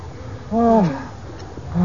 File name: moose